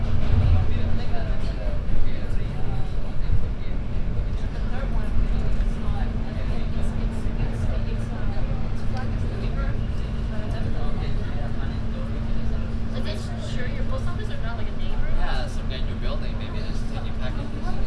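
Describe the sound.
A binaural recording aboard the N subway train, with a steady low rumble and a constant hum running the whole way through. Indistinct voices murmur throughout, and brief clicks and rattles flick past, clustering around the middle and near the end.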